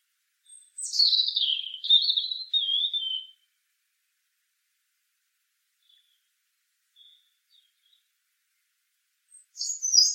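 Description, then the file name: European robin song: one bright phrase sliding down from very high notes, then near silence, and a second high phrase beginning at the very end. "Erithacus rubecula"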